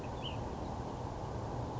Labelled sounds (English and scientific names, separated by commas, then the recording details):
Ash-throated Flycatcher (Myiarchus cinerascens)
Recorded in Sonoma County, California